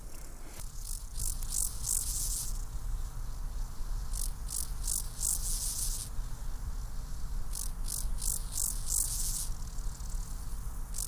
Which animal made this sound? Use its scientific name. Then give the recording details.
Chorthippus dorsatus. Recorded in the wild. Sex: male. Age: imago. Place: Mühlenbeck, Brandenburg, DE. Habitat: Feuchtwiese. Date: 1997-08-31 17:04. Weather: 24°C, sonnig. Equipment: Sony MD-WM MZ-R3, Sennheiser ME 80, K 30 AV, Kopie Uher 4000 Report Monitor. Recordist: Tembrock, Günter. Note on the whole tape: Männchen: Stridulation, am Weibchen sitzend. Feuchte Waldwiese bei Summt